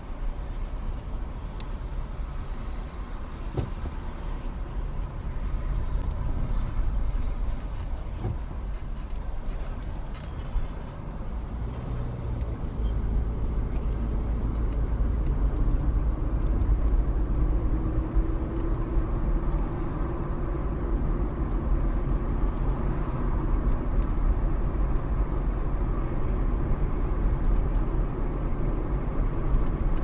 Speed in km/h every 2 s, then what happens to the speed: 5, 6, 10, 6, 8, 15, 26, 34, 39, 42, 44, 45, 45, 45, 45.
0-9 steady at about 6. 9-18 speeds up to 42. 18-30 steady at about 45.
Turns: none.